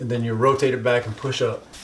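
Someone talks while a blind headrail is handled at a metal window mounting bracket, hooked in at the top front and about to be rotated back and pushed up. Nothing has seated or clicked yet; the clip ends before the bracket gate snaps shut.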